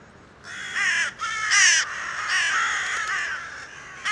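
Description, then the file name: Carrion crow giving several harsh, raspy, drawn-out caws in quick succession. "Corvus corone"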